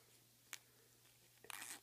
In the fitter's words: and then i push down my finger and i pull apart this and you hear it click